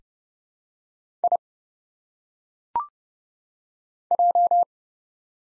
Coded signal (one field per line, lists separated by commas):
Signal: Morse code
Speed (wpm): 31 wpm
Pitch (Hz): 700 Hz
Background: none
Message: I J